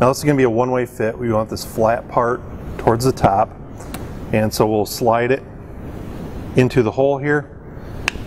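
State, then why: Seated. A fuel injector electrical pass-through connector is slid, flat side up, through the hole in a diesel engine cylinder head while someone talks. It snaps into its locked position with a single sharp click at 8.1 s, and the connector is seated.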